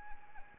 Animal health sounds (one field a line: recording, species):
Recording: mosquito wingbeat signal from an infrared sensor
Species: Anopheles arabiensis